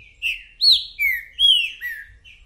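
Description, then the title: Green-winged saltator song: several clear, rich whistles, arched and descending, delivered in quick succession with bright overtones. Calling, singing and acting male ('macheando') in a territorial dispute; a repeater giving one song after another; 'mercenário' song type; meant to warm up the listener's own trinca-ferro. "Esse É PERFEITO Para ESQUENTAR Seu TRINCA Piando, Cantando E Macheando Na DISPUTA. 🔥TRINCA FERRO REPETIDOR !! UM CANTO ATRÁS DO OUTRO!!! TRINCA FERRO MERCENARIO!"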